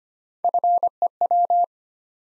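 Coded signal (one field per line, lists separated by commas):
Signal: Morse code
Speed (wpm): 25 wpm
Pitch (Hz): 700 Hz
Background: none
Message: FEW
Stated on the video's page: Morse head-copy drill of three-letter words at 25 wpm, each word sent, spoken, then sent again.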